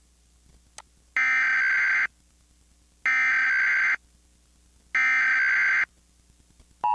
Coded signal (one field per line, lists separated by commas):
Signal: Emergency Alert System (SAME) tones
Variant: header bursts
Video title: Emergency ALERT SYSTEMS UPDATE!!!EMERGENCY ALERT SYSTEM UPDATE!!!Emergency ALERT SYSTEMS UPDATE!!!